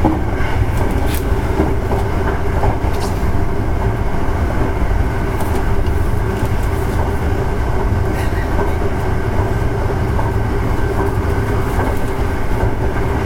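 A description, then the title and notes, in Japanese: A train runs along at a steady pace, its low rumble dense and unbroken for the whole clip. Faint clicks and brief bright squeaks surface now and then, around one, three, five and eight seconds, over a constant even level. 阪急電鉄1000系電車の走行音です。神戸線の特急列車にて収録しました。区間は、梅田から西宮北口までです。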